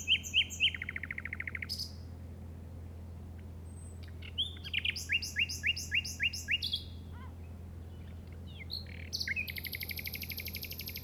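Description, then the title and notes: Common nightingale song: loud rapid repeated notes and buzzy trills in varied phrases separated by pauses, over a steady low hum. In the Llobregat Delta at 06:00 on 8 May 2015. "Grabación de ruiseñor común (Luscinia megarhynchos) en el Delta del Llobregat a las 06:00 del 08/05/2015."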